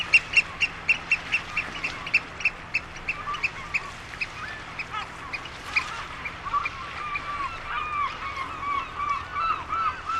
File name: Huitrier Pie